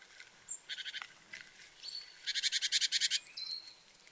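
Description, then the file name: Great tit uttering rapid buzzy churring rattles, a fast run of repeated harsh notes, with a few thin high whistles before and after, over faint background hiss. "Parus major"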